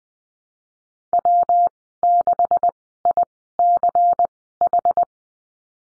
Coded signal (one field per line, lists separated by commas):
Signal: Morse code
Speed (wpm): 20 wpm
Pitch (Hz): 700 Hz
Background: none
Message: W6ICH